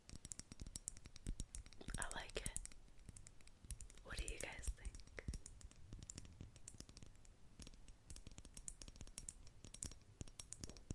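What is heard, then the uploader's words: Fingertips tap and click on assorted small objects, in quick, uneven bursts that run through the whole stretch. Around two and four seconds, brief rustling scrapes rise between the taps. Tapping random objects such as an old passport, a handmade calendar, Rubik's cube and a hot water bottle.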